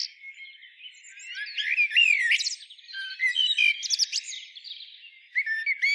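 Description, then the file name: Common blackbird singing: fluty warbled phrases sliding up and down, broken by high thin twitters, with a louder burst near the middle and another at the end. "Turdus merula"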